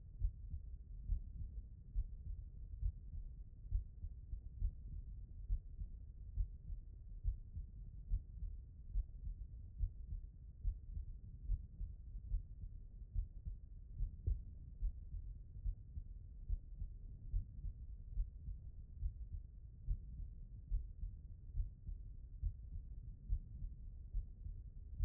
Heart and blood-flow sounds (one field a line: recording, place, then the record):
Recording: heart sounds by stethoscope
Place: mitral valve (MV)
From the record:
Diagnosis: non-HFrEF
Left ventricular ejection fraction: 49%